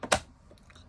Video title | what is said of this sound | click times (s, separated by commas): Tutorial! Holiday Card w/ Beautiful Wreath Collection - #teamspellbinders | oh it snaps into place before you cut | 0.1 s